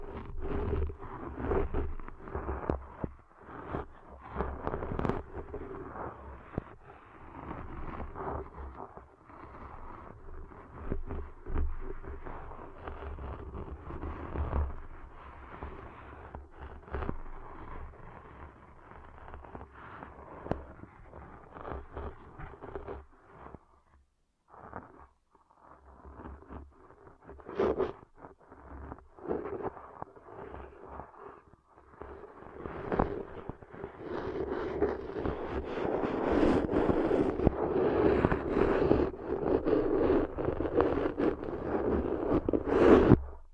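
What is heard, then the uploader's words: Intense ear cleaning sounds: dense scratching, rubbing and crackling over a steady low rumble. The sounds pause almost completely around 24 seconds, then return and grow louder and busier toward the end. ASMR Deep 3D Ear Cleaning Intense & Realistic (No Talking).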